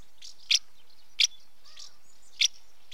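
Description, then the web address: House martin uttering three loud, dry chirps, with softer warbling twitters in between. Female calling at the nest entrance. "BBC Sound Effects Library. House Martin female calling at nest entrance"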